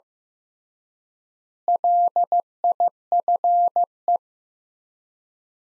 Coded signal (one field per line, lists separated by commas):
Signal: Morse code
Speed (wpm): 15 wpm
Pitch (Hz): 700 Hz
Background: none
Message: LIFE